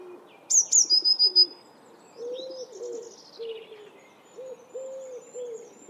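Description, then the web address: Eurasian blue tit song at the start, two very high notes into a short trill, then a dove's low cooing repeated through the rest. "cianscape. Deverinetal"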